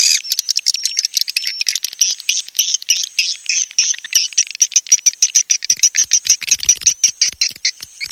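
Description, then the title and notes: Swiftlet twitters, first a dense high chatter, then turning into regular clicking pulses repeated several times per second. Swiftlet farming sound, Asia. "Swiflet Bird Sound. Farming Swiflet Bird asia sound"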